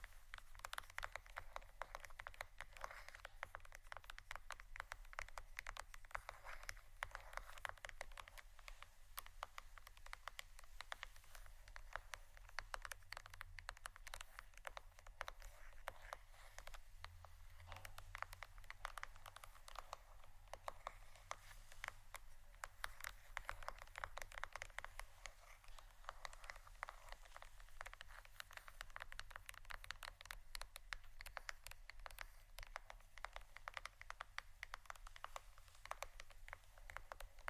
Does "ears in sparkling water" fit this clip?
no